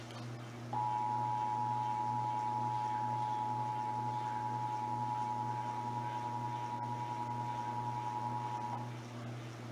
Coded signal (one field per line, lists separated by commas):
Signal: Emergency Alert System (SAME) tones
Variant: 853 and 960 Hz attention tone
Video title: (EAS #110-113) January 2022 Texas Required Monthly Test (WBAP-AM, KSCS-FM, KTVT-TV and WFAA-TV)